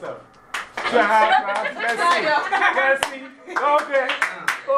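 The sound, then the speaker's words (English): An audience claps in scattered, uneven bursts of sharp hand claps, mixed with overlapping voices and chuckling laughter throughout, as they try to do 2.5 claps when asked. “Now we're going to do 2.5 claps.”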